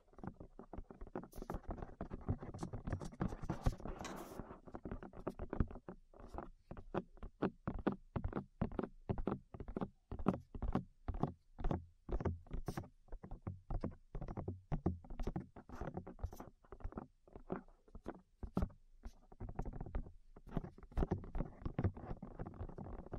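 Rapid, dull tapping on the ears, a dense run of soft knocks landing several times a second for the whole stretch. The taps are mostly low and muffled, with a few sharper, brighter hits, and the pace loosens slightly into clearer separate taps after the first few seconds.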